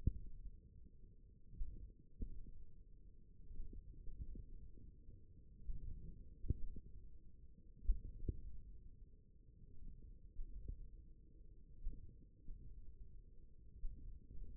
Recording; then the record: forearm muscle sounds (acoustic myography)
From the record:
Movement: ulnar deviation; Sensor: system 1, eight BSWA MPA416 microphones around the upper forearm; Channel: 4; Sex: male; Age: 28 years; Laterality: right